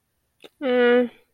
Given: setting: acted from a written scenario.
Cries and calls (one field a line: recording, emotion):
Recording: vocal sound without words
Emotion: neutral